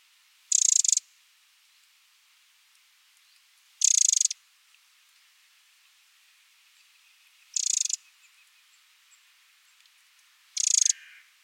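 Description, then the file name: Eurasian wren repeating brief harsh ticking rattles, four bursts spaced roughly three to four seconds apart, otherwise quiet. "Troglodytes troglodytes"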